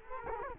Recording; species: mosquito wingbeat signal from an infrared sensor; Culex quinquefasciatus